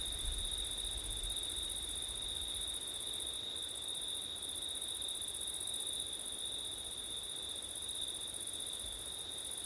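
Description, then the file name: Steady cricket trilling at two high pitches runs on without pause, with wind rumbling low at the start. Crickets on a September night in wind. "crickets wind september night ortif"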